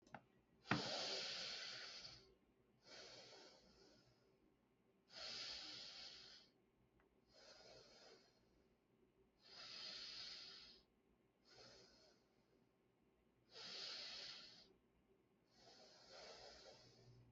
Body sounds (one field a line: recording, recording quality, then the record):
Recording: deep breathing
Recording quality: excellent, no background noise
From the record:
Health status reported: healthy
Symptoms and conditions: none ticked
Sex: male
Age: 25 years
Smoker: yes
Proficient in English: yes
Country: Canada